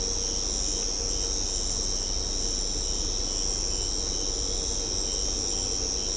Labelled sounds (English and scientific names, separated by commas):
none